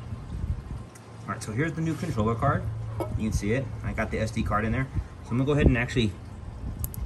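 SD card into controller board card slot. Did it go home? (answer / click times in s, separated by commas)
yes / 6.8 s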